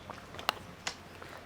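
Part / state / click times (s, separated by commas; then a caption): lock clip into floor wiper frame via press machine / seated / 0.5 s. A metal lock clip placed on a floor wiper frame is pressed through with a hand-lever lock machine. A sharp knock at 0.5 s stands out above quieter taps, with a second strong knock at 0.9 s. The clip goes through and locks at the back, seated.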